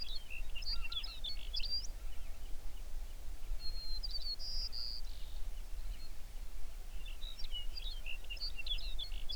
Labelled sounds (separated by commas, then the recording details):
songbird, waterfowl
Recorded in the Prudhoe Bay oil fields, Alaska, on 11 June 2019 at 05:21
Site 21